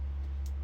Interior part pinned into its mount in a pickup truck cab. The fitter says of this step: once it locks you hear it click you just tug on it a bit to make sure it locks and it's good to go